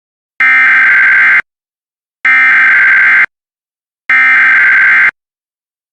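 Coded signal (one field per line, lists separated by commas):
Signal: Emergency Alert System (SAME) tones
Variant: header bursts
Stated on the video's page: Compilation of EAS alerts: severe thunderstorm warnings, a required weekly test, a blizzard warning and a tornado watch.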